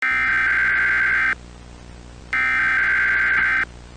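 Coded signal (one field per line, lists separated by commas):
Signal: Emergency Alert System (SAME) tones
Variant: header bursts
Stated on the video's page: Fictional analog horror EAS scenario about a meteor.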